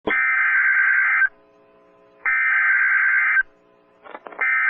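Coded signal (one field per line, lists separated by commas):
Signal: Emergency Alert System (SAME) tones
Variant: header bursts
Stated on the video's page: Severe Thunderstorm Warning from NWS Norman for Grady, Cleveland and McClain counties, Oklahoma, destructive storm with baseball-size hail.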